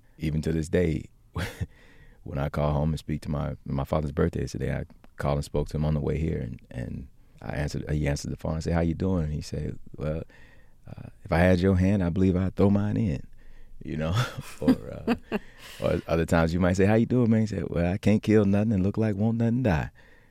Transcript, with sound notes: even to this day, when I call home and speak to my - my father's birthday is today. I called and spoke to him on the way here. And I answered - he answered the phone. I say, how you doing? And he said, well, if I had your hand, I believe I'd throw mine in, you know?
(Laughter).
Or other times you might say, how are you doing, man? He say, well, I can't kill nothing and look like won't nothing die.